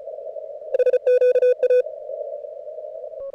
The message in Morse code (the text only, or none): SQA